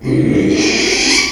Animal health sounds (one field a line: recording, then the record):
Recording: squeal of a Yucatan mini pig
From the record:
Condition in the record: after surgery on the right vocal fold (resection and tissue-engineered implant)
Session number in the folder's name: 2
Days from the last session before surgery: 13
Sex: male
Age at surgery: 12 weeks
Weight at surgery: 13 kg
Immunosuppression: cyclosporine, prednisolone